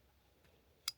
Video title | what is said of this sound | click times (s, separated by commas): Detroit Diesel MCM/ACM Module Harness Repair kits #freightliner | just like that until you hear a click. | 0.9 s